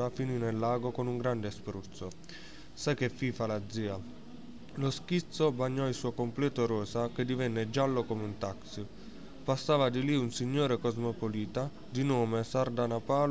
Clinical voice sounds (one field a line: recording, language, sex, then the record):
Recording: read passage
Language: Italian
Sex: male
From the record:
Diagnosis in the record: healthy control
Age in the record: 19 years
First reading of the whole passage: 55 s, 9.5 characters per second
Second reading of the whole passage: 47 s, 11.1 characters per second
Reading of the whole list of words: 45 s, 6.2 characters per second